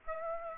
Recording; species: mosquito wingbeat signal from an infrared sensor; Aedes aegypti